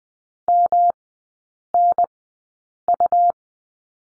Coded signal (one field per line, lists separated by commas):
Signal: Morse code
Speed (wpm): 20 wpm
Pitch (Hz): 700 Hz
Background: none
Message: MNU